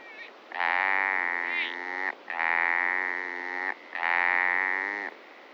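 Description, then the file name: Italian agile frog giving three long, even, mewing notes with rich overtones, each lasting over a second, separated by brief gaps. "Rana latastei"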